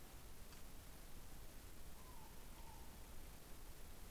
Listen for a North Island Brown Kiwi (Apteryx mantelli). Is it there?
no